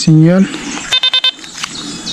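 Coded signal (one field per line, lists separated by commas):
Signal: none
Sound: metal detector beeps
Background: speech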